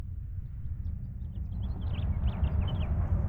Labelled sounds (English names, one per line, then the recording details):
House Finch song
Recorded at Oak Beach on Long Island, New York, on 21 May 1975
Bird B